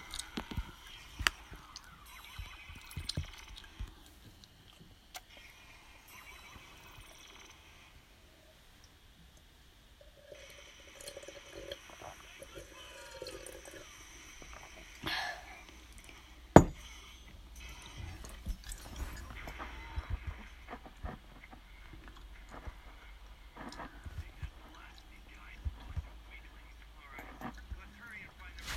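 Wet slurping, chewing and crunching sounds come in short, irregular bursts throughout, with small clicks and taps between them. A sharp loud snap stands out around the middle. Faint talking from anime plays underneath, growing fuller after the midpoint.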